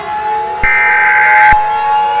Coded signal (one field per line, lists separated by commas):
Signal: Emergency Alert System (SAME) tones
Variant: header bursts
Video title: EAS (Mini) Scenario #51: Among Us Spaceships Crash into earth